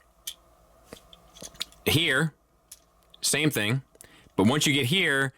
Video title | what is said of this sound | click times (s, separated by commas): Transformers Studio Series Hot Rod | This one, see, they both have this like ridge that once they cross over it, it kind of locks in place. So, | 1.6 s